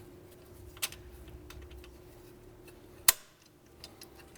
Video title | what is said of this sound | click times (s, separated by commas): BMW N55 Oil Pan Gasket Replacement DIY (2010-2013 BMW E82/E88 135i, 135is) | Nice satisfying click. | 3.1 s